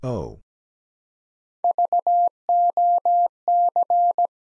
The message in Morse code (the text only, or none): VOC